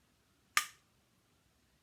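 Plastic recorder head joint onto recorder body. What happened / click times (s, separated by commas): The plastic head joint snapped onto the body / 0.6 s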